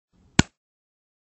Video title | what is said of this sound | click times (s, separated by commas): Oragene.DISCOVER collection instructions (OGR-600/610/500/510) | close the lid by firmly pushing the lid until you hear a loud click | 0.4 s